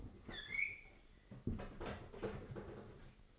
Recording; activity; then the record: daily activity, microphone in the room; open fridge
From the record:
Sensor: 4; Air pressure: 996.0 hPa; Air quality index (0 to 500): 63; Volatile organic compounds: 2 ppm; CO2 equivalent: 1121 ppm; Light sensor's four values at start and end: 15/41/16/18 and 15/40/15/17